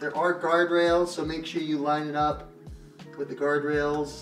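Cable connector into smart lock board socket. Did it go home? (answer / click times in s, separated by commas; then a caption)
no / none. A small wiring-harness plug is lined up with the guide rails and pins and slid toward the circuit-board socket of a Eufy Security Video Smart Lock, while someone talks over background music. Nothing has seated or clicked yet.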